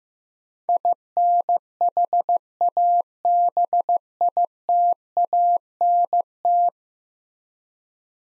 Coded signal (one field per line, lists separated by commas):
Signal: Morse code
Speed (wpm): 16 wpm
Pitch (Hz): 700 Hz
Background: none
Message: INHABITANT